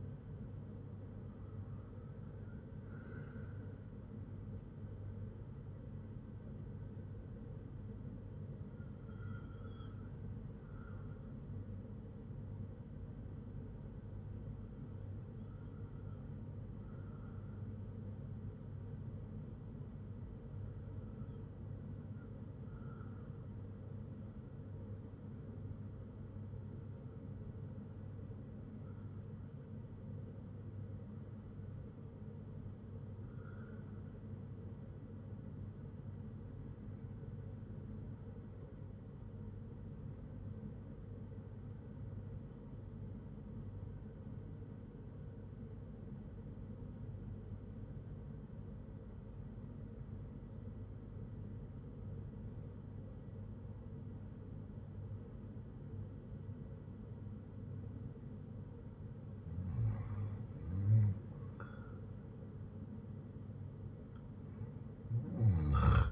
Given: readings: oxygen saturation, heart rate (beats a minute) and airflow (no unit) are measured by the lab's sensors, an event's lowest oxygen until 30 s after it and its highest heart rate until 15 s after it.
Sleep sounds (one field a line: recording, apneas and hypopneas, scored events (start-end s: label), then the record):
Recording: breathing in sleep by a smartphone at the bedside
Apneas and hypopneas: 1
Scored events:
10.00-58.30 s: hypopnea (N1, oxygen 97% highest, then 92% lowest, heart rate 58 at the start, 67 highest)
From the record:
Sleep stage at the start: N1 (lightest sleep)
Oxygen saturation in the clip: 92 to 97%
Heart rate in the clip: 56 to 66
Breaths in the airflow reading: 12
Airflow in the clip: -5.9 to 5.7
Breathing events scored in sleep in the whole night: 182 in 7.4 hours asleep